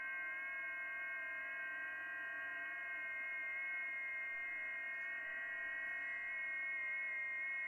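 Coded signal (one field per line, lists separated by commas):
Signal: FT8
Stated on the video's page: FT8 on 10 meters, in the Technician segment between 28.000 and 28.500 MHz.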